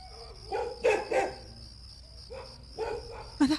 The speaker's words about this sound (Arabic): ماذا أسمع؟ كلاب، كلاب، هذا ما كان ينقصني.